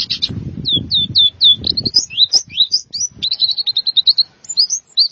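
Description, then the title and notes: White-eye giving a continuous high-pitched twittering song of quick downslurred and upslurred notes, with low thumping noises in the first two seconds. "Suara kicauan burung pleci"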